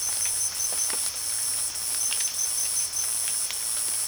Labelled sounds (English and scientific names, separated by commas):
none